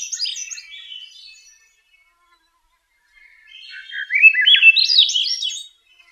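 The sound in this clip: Swainson's thrush singing: the end of one high spiralling phrase, a pause, then a new phrase of fluty notes that spiral rapidly upward.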